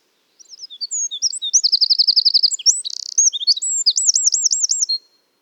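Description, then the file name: Eurasian wren delivering an energetic high song: scattered chips, an even rapid trill, a buzzy rattle, then loud looping warbles, ending abruptly. "Troglodytes troglodytes"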